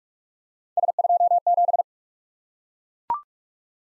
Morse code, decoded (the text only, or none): S27